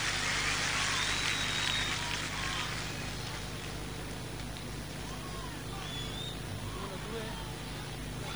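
A crowd applauds steadily, a dense crackling wash of clapping that holds at an even level for several seconds and eases off slightly toward the end, with faint cheers mixed in.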